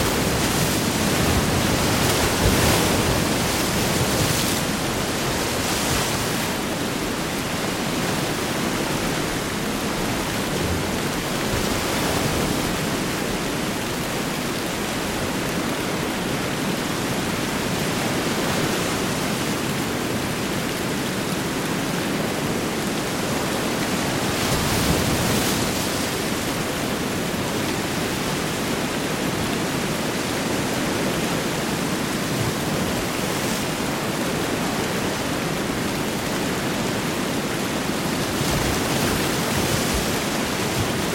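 Heavy rain and big ocean waves blend into a dense, steady roar, with soft swells rising every few seconds, loudest near twenty-five seconds.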